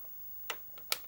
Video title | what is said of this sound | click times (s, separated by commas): Getting Started with the eCraft Machine | and push till it clicks | 0.9 s